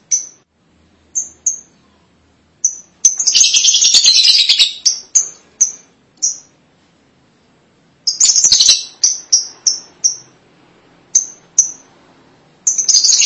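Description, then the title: Lovebird calls: scattered shrill chirps mixed with buzzy chattering bursts. "BM Suara Burung Lovebird"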